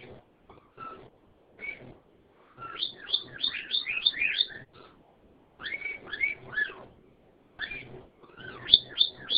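Bird twittering: bursts of quick rising and falling whistled notes alternating with softer chatter and brief silences.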